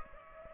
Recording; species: mosquito wingbeat signal from an infrared sensor; Aedes aegypti